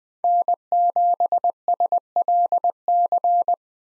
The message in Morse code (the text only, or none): N7SLC